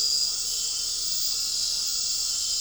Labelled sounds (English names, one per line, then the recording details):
none
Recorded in dense forest near Puerto Asís, Putumayo, Colombia, on 4 March 2025 at 21:00
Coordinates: 0.467, -76.328
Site G041